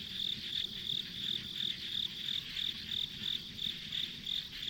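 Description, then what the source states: High insect chirps pulse regularly, a few each second, over a background of continuous shrill insect hiss. Ambient insect sound recorded on a country road.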